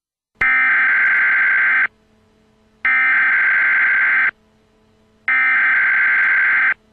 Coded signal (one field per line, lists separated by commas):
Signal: Emergency Alert System (SAME) tones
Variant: header bursts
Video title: EAS tornado watch for florida.